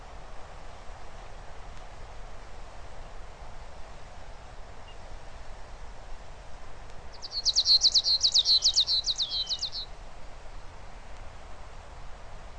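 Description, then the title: Bird song: one burst of rapid, high chirped notes lasting a few seconds over steady background hiss, otherwise quiet. "LuckyPassaro Completos2Sama"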